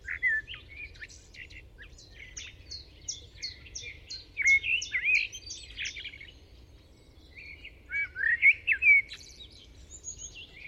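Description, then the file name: Common blackbird singing: a quick run of high, thin repeated notes leads into mellow fluted warbling, then a second rich warbled phrase arrives after a short quiet gap. "Turdus merula"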